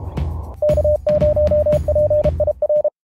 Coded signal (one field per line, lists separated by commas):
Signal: Morse code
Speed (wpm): 32 wpm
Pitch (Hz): 600 Hz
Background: music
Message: K0PIR